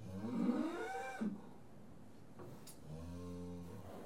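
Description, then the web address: Cattle moo: a rising, strained call, a pause, then a steadier low moo, with faint clatter between. Farm livestock; cattle recorded while being tested. "The BBC Sound Effects Library. Cattle Being Tested"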